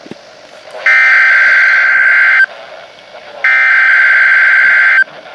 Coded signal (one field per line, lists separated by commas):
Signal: Emergency Alert System (SAME) tones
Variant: header bursts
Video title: KHB29 Required Weekly Test (EAS #1,630)